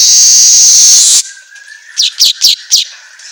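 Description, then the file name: Asian golden weaver song: a long buzzy hiss, a pause with a low thin tone, then four scratchy chirps. Meant for training songbirds to sing vigorously ('auto gacor'). "Suara Kicau Manyar Kepala Emas Auto Gacor"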